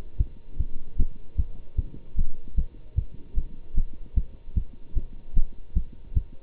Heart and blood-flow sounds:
heart sounds by stethoscope; between the tricuspid and mitral areas; 151 bpm
0.17 s: heartbeat
0.57 s: heartbeat
0.97 s: heartbeat
1.36 s: heartbeat
1.76 s: heartbeat
2.15 s: heartbeat
2.55 s: heartbeat
2.95 s: heartbeat
3.35 s: heartbeat
3.74 s: heartbeat
4.14 s: heartbeat
4.54 s: heartbeat
4.94 s: heartbeat
5.34 s: heartbeat
5.74 s: heartbeat
6.14 s: heartbeat
From the record:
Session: Bruce protocol treadmill stress test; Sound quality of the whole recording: good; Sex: male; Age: 25 years

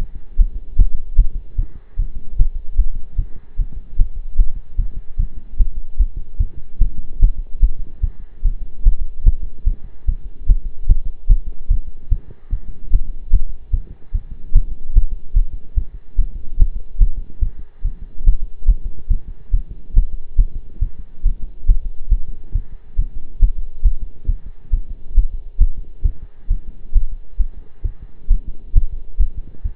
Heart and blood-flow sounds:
heart sounds by stethoscope; between the tricuspid and mitral areas; 144 bpm
0.38 s: heartbeat
0.79 s: heartbeat
1.18 s: heartbeat
1.58 s: heartbeat
1.98 s: heartbeat
2.39 s: heartbeat
2.78 s: heartbeat
3.18 s: heartbeat
3.59 s: heartbeat
3.99 s: heartbeat
4.39 s: heartbeat
4.78 s: heartbeat
5.19 s: heartbeat
5.59 s: heartbeat
5.99 s: heartbeat
6.40 s: heartbeat
6.81 s: heartbeat
7.22 s: heartbeat
7.62 s: heartbeat
8.03 s: heartbeat
8.44 s: heartbeat
8.85 s: heartbeat
9.26 s: heartbeat
9.66 s: heartbeat
10.08 s: heartbeat
10.49 s: heartbeat
10.89 s: heartbeat
11.29 s: heartbeat
11.70 s: heartbeat
12.11 s: heartbeat
12.52 s: heartbeat
12.93 s: heartbeat
13.33 s: heartbeat
13.73 s: heartbeat
14.14 s: heartbeat
14.55 s: heartbeat
14.96 s: heartbeat
15.36 s: heartbeat
15.77 s: heartbeat
16.18 s: heartbeat
16.59 s: heartbeat
17.00 s: heartbeat
17.41 s: heartbeat
17.84 s: heartbeat
18.26 s: heartbeat
18.68 s: heartbeat
19.10 s: heartbeat
19.53 s: heartbeat
19.96 s: heartbeat
20.38 s: heartbeat
20.82 s: heartbeat
21.25 s: heartbeat
21.68 s: heartbeat
22.11 s: heartbeat
22.55 s: heartbeat
22.98 s: heartbeat
23.42 s: heartbeat
23.85 s: heartbeat
24.29 s: heartbeat
24.73 s: heartbeat
25.17 s: heartbeat
25.60 s: heartbeat
26.05 s: heartbeat
26.50 s: heartbeat
26.95 s: heartbeat
27.39 s: heartbeat
27.84 s: heartbeat
28.30 s: heartbeat
28.75 s: heartbeat
29.20 s: heartbeat
29.64 s: heartbeat
From the record:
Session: pedaling a stationary bicycle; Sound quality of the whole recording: partially saturated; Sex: male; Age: 23 years

